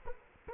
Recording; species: mosquito wingbeat signal from an infrared sensor; Culex quinquefasciatus